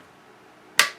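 A torque wrench set to 20 lb tightens a screw on the receiver of a Ruger 10/22 rifle while its action is reassembled during an auto bolt release install. After quiet, a single sharp, loud, bright click of the wrench breaking over sounds at 0.8 s and quickly fades. The wrench has clicked at its 20 lb setting, so the screw is torqued to 20 lb.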